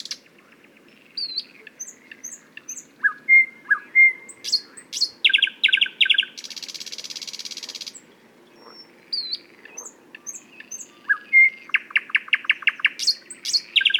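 Thrush nightingale song: piping whistles, bursts of rapid hard clicks, a long buzzing rattle, a short gap, then more whistles and a further quick clicking series.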